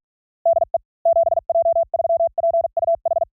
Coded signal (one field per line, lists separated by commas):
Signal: Morse code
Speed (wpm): 42 wpm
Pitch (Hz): 690 Hz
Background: none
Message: DE 7J3PUH